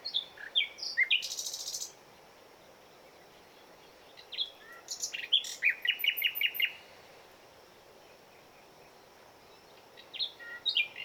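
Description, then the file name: Common nightingale singing varied phrases: sharp chirps and a harsh burst, then after a pause a run of rapid repeated notes, with another phrase starting near the end. "Luscinia megarhynchos"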